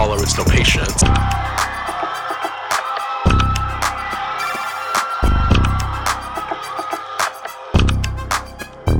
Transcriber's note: screams